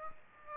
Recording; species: mosquito wingbeat signal from an infrared sensor; Aedes aegypti